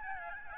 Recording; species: mosquito wingbeat signal from an infrared sensor; Aedes albopictus